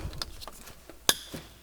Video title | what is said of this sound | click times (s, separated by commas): How To: Replace Shift Knob & Shift Boot on aFD Mazda RX-7 (93-01) | and you always want to hear a click | 1.1 s